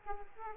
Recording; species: mosquito wingbeat signal from an infrared sensor; Aedes aegypti